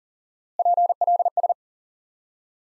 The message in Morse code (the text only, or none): PLS